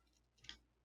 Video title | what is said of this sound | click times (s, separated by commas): Legacy United Sideburn: That Weird Review #596 | the knee joint locks into place, but you can get | 0.4 s, 0.5 s